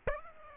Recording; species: mosquito wingbeat signal from an infrared sensor; Aedes aegypti